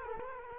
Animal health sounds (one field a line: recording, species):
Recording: mosquito wingbeat signal from an infrared sensor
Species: Culex quinquefasciatus